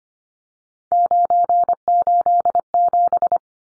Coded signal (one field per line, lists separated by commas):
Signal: Morse code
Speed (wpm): 25 wpm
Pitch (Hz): 700 Hz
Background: none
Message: 987